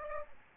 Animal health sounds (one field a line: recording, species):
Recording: mosquito wingbeat signal from an infrared sensor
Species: Aedes aegypti